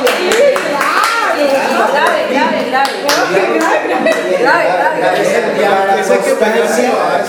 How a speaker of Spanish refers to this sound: Perfecto. Fin del proceso. Uy, el aplauso. ¡Bravo!